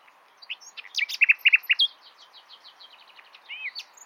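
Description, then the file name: Common nightingale delivering a quick varied phrase: sharp chips, doubled notes, a run of soft ticking and a slurred whistle. "Luscinia megarhynchos"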